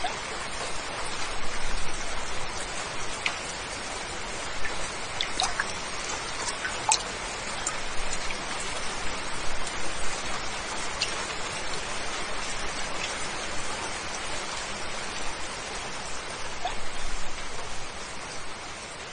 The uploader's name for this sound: rain